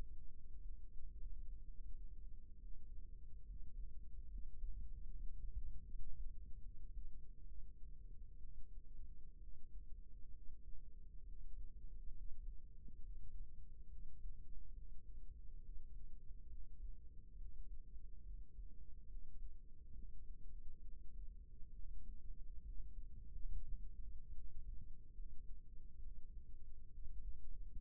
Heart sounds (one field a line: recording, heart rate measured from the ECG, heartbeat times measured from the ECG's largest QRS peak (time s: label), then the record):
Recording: heart sounds by microphone in the right ear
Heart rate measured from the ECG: 68 bpm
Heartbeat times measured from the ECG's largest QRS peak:
0.60 s: heartbeat
1.62 s: heartbeat
2.56 s: heartbeat
3.43 s: heartbeat
4.28 s: heartbeat
5.06 s: heartbeat
5.83 s: heartbeat
6.60 s: heartbeat
7.44 s: heartbeat
8.39 s: heartbeat
9.37 s: heartbeat
10.31 s: heartbeat
11.23 s: heartbeat
12.13 s: heartbeat
13.00 s: heartbeat
13.88 s: heartbeat
14.73 s: heartbeat
15.60 s: heartbeat
16.48 s: heartbeat
17.37 s: heartbeat
18.23 s: heartbeat
19.07 s: heartbeat
19.93 s: heartbeat
20.82 s: heartbeat
21.73 s: heartbeat
22.63 s: heartbeat
23.48 s: heartbeat
24.31 s: heartbeat
25.13 s: heartbeat
25.99 s: heartbeat
26.89 s: heartbeat
27.80 s: heartbeat
From the record:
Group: healthy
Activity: rest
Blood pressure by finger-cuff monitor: 133/61 mmHg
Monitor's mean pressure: 82 mmHg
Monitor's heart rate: 68 bpm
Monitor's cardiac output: 6.5 L/min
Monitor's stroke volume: 95 mL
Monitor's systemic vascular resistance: 900 dyn s/cm5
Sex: female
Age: 37 years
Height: 168 cm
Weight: 70 kg